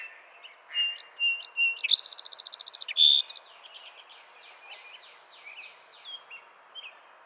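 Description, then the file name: Song sparrow song: a few clipped introductory notes, then a fast buzzy trill and sharp ending notes lasting about two and a half seconds, with faint softer chips afterward. "Melospiza melodia - Song Sparrow"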